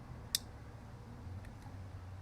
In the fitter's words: and it should click in.